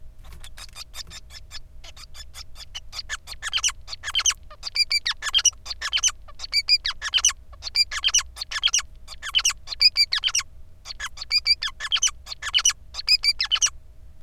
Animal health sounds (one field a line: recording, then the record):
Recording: song of a male Bengalese finch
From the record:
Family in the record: son of father 5